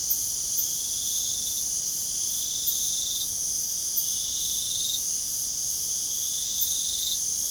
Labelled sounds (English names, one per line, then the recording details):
none
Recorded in pastures near Puerto Asís, Putumayo, Colombia, on 25 June 2025 at 23:30
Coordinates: 0.497, -76.327
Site G040